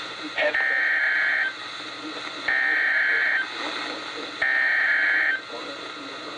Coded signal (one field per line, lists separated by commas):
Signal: Emergency Alert System (SAME) tones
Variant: header bursts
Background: speech